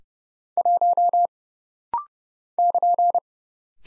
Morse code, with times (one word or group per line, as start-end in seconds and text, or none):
0.6-1.3 1
2.6-3.2 <KN>